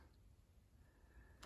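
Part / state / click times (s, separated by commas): crimped wire terminal into plastic connector housing / not seated / none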